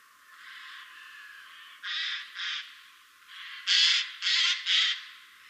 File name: Garrulus glandarius